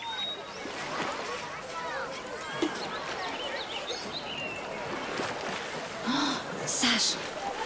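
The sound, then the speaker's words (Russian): In the morning, a boat glides toward a river shore with steady water sloshing and lapping against its hull, a continuous wash of noise, while birds chirp faintly and a brief voice-like sound rises near the end. “Совсем к берегу подплыла лодка.”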